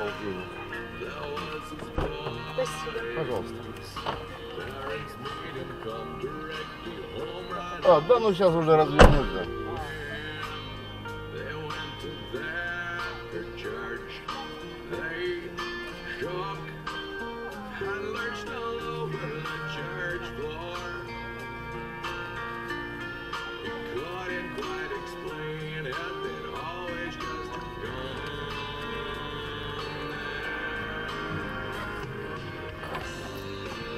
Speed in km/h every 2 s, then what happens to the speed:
0, 0, 0, 0, 0, 0, 0, 0, 1, 0, 0, 0, 0, 0, 0, 0, 0.
0-34 standing.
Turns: none.